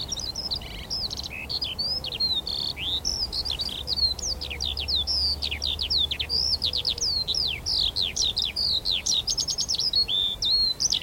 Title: Sound Escape 114: Skylarks ascending over a field of barley